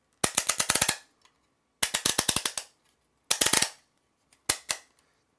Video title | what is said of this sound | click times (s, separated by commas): OtterBox Defender Case Review for HTC One X | and as it rotates it snaps into position | 0.2 s, 3.3 s